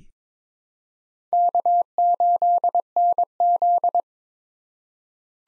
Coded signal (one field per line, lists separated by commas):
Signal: Morse code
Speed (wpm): 22 wpm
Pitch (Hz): 700 Hz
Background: none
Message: K8NZ